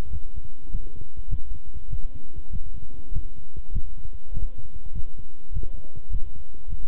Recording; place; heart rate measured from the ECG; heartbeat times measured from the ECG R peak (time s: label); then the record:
heart sounds by stethoscope; between the tricuspid and mitral areas; 100 bpm
0.10 s: heartbeat
0.69 s: heartbeat
1.28 s: heartbeat
1.88 s: heartbeat
2.50 s: heartbeat
3.11 s: heartbeat
3.71 s: heartbeat
4.32 s: heartbeat
4.92 s: heartbeat
5.52 s: heartbeat
6.09 s: heartbeat
6.67 s: heartbeat
From the record:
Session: walking at 3.7 km/h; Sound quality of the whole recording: good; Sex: male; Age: 26 years